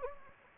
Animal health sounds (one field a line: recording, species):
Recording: mosquito wingbeat signal from an infrared sensor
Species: Anopheles gambiae